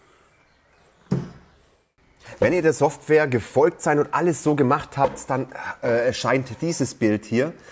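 The plastic side cable cover flap on an xTool M2 desktop laser engraver is closed after the rotary tool's cable has been clicked into the clips on the side of the laser. It snaps shut with a sharp, short hit at 1.1 s, seating the flap. Someone then talks.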